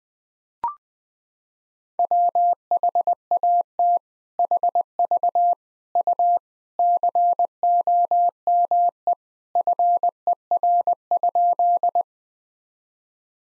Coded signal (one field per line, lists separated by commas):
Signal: Morse code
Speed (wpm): 21 wpm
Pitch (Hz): 700 Hz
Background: none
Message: WHAT HV U COME FER?